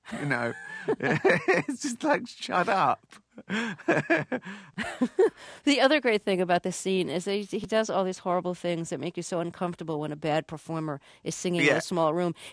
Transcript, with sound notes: you know.
(LAUGHTER)
It's just, like, shut up.
(LAUGHTER)
The other great thing about this scene is that he does all these horrible things that make you so uncomfortable when a bad performer is singing in a small room.